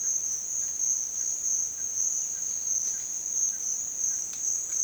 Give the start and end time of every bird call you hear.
[0.53, 4.18] bird call

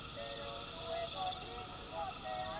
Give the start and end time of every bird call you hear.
[0.00, 2.60] bird call

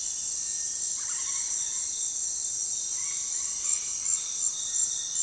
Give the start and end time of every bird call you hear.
[0.92, 1.84] bird call
[2.88, 5.23] bird call

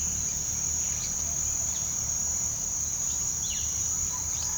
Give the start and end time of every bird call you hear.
[0.16, 3.70] bird call
[4.34, 4.54] bird call

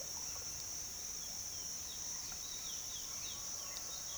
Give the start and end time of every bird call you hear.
[0.00, 4.18] bird call

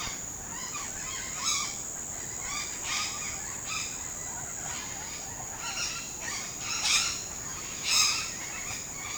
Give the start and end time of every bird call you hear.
[0.00, 1.74] bird call
[2.41, 4.03] bird call
[4.56, 7.19] bird call
[7.80, 8.29] bird call
[8.63, 9.17] bird call

